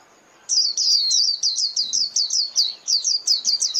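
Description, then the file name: White-eye calls: a rapid series of high, thin downslurred chirps repeated several times a second after a brief silence. Lure call (mồi) used for trapping white-eyes. "Tieng khuyen moi"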